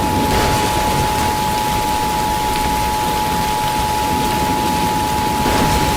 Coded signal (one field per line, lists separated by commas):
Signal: Emergency Alert System (SAME) tones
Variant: 853 and 960 Hz attention tone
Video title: (Tornado eas scenario recreation) ROARIN DIXIE